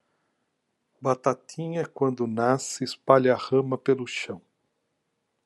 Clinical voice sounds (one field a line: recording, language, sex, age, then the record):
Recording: short text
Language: Brazilian Portuguese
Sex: male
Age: 60 to 69 years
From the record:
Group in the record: control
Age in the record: 61 years